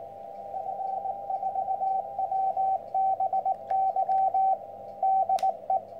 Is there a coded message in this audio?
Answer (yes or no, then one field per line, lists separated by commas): yes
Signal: Morse code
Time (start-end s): 0.5-5.8 s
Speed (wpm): 18 wpm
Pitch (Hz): 770 Hz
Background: radio noise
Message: F4WBY DE